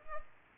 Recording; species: mosquito wingbeat signal from an infrared sensor; Culex pipiens